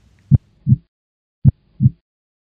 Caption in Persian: ضربان قلب. فرق دارن. یکیش انگار محکمتر میزنه و یکیش آرومتر.